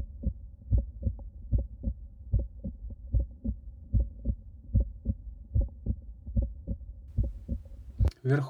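Regular heartbeat, about 74 per minute, heard at the tricuspid point in an adult with severe arterial hypertension (blood pressure 290/200), with a loud aortic ejection sound.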